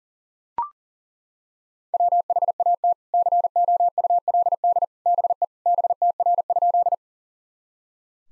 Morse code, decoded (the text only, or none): WHAT COULD BE BTR?